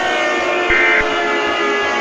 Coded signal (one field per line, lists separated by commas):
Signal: Emergency Alert System (SAME) tones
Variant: end-of-message bursts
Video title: EAS Scenario - Rising Heat